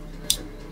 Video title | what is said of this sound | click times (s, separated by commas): LTW - Tool Time - EP18 - Mercator Folding Knife Restoration | and listen for the click | 0.3 s